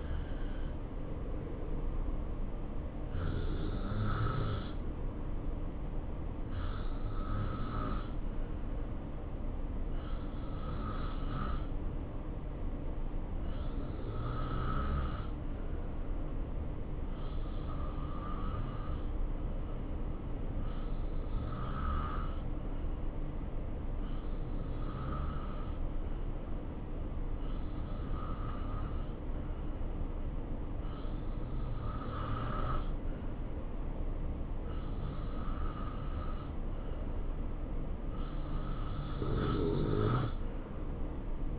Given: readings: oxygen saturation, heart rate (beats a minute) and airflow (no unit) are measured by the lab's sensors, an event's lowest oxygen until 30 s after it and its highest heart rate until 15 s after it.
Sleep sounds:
breathing in sleep by a smartphone at the bedside; 1
5.00-37.20 s: hypopnea (N2, oxygen 93% highest, then 89% lowest, heart rate 66 at the start, 72 highest)
From the record:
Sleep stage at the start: N2 (light sleep); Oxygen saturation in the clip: 88 to 93%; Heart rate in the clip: 63 to 72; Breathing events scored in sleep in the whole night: 277 in 7.4 hours asleep

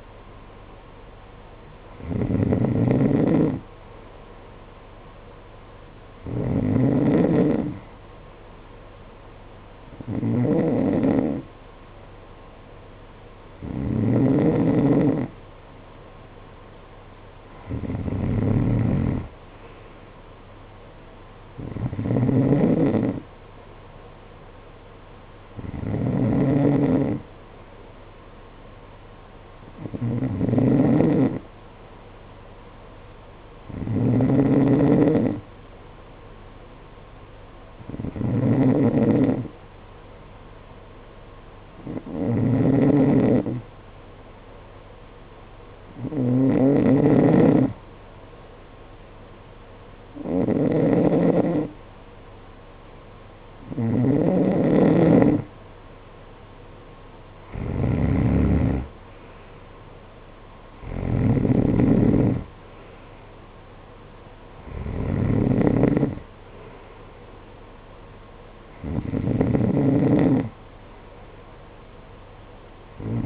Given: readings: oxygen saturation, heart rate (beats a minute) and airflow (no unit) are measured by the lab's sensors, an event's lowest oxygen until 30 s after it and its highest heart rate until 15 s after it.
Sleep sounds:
breathing in sleep by a voice recorder at the bedside; none
none scored
From the record:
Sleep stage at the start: N2 (light sleep); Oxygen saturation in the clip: 90 to 92%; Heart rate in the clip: 50 to 61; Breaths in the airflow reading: 18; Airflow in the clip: -12.3 to 8.7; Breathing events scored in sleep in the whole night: 476 in 9.7 hours asleep

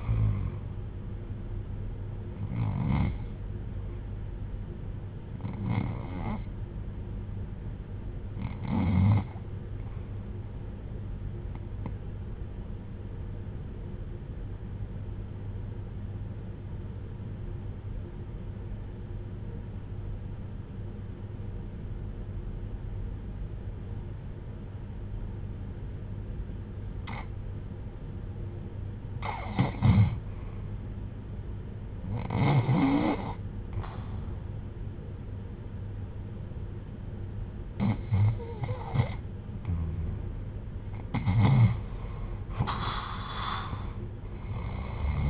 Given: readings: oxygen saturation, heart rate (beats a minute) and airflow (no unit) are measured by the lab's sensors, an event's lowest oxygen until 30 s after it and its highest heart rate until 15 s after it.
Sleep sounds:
breathing in sleep by a smartphone at the bedside; 1
4.00-34.30 s: hypopnea (REM, oxygen 96% highest, then 78% lowest, heart rate 63 at the start, 80 highest)
From the record:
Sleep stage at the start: REM sleep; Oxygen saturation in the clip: 79 to 96%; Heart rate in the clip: 60 to 79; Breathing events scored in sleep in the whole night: 310 in 8.1 hours asleep

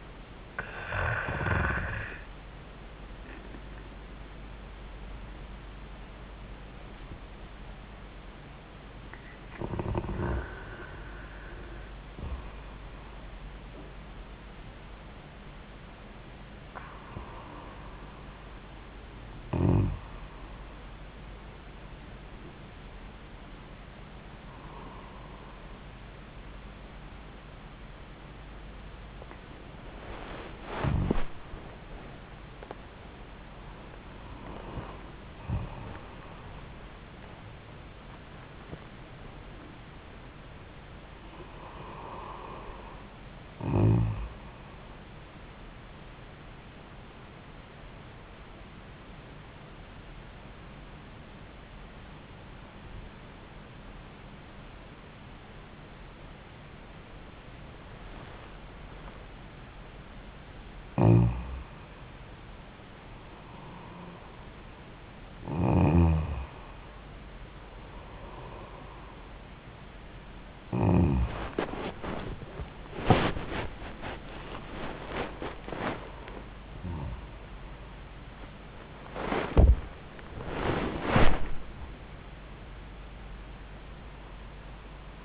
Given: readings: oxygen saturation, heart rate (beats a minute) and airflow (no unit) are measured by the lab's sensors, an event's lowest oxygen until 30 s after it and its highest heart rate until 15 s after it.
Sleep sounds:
breathing in sleep by a voice recorder at the bedside; 2
17.00-30.30 s: hypopnea (N1, oxygen 97% highest, then 94% lowest, heart rate 84 at the start, 93 highest)
49.00-61.10 s: obstructive apnea (N1, oxygen 96% highest, then 93% lowest, heart rate 78 at the start, 86 highest)
57.00-85.25 s: new sleep stage, awake
58.00-85.25 s: awake
From the record:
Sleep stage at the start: N1 (lightest sleep); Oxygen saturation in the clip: 93 to 97%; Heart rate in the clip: 65 to 99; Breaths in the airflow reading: 10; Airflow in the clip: -6.8 to 8.0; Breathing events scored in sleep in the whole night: 400 in 8.7 hours asleep

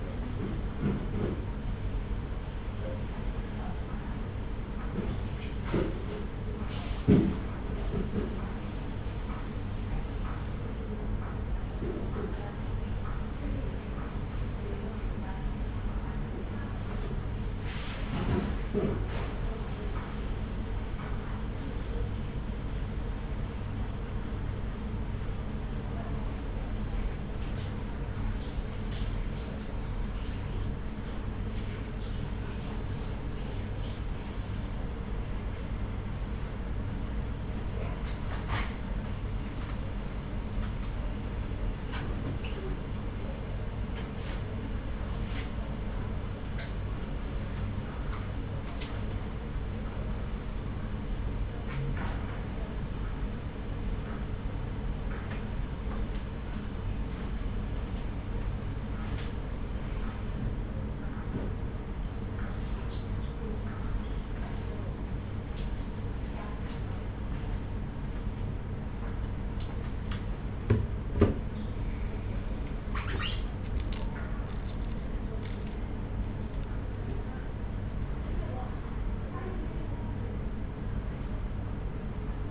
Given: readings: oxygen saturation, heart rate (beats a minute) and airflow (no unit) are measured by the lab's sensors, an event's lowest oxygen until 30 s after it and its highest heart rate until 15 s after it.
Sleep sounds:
a person awake in a sleep study, by a smartphone at the bedside; none
0.00-82.50 s: awake
0.00-82.50 s: awake
From the record:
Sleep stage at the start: awake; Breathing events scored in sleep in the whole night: 210 in 6.9 hours asleep

